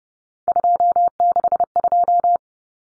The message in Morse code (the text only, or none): 262